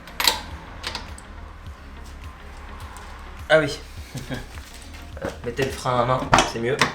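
A torque wrench set to 120 tightens the wheel nuts on a car's rear wheel hub in a cross pattern. A sharp click-over is heard at 0.2 s, with further short metallic clicks and ticks. Someone talks later in the clip.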